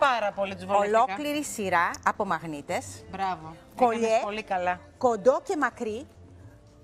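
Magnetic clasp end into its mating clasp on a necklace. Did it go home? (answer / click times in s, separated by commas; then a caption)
no / none. Someone talks while handling the short metal magnetic end piece of a magnetic clasp on a necklace or bracelet, about to insert it into its mating clasp. Only speech is heard, with a faint low hum underneath. The clasp has not clicked shut or seated yet.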